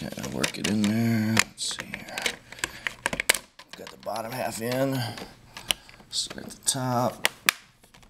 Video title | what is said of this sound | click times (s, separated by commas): Laptop screen replacement / How to replace laptop screen for HP Pavilion dv6-1030us 16inch | just listen to it pop in just snaps right in snap | 7.5 s